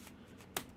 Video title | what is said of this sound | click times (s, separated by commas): BlueSky vs. X (aka. Twitter) 💭 T-Mobile Hacked 👨‍💻 Tyson vs. Jake Paul 🥊 PS5 Pro Reality 🎮 | there it is you hear it pop in so now now it's in the center | 0.6 s